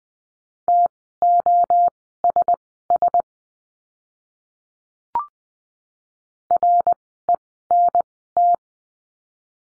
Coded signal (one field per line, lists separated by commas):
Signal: Morse code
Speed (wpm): 20 wpm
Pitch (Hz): 700 Hz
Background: none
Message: TOSS RENT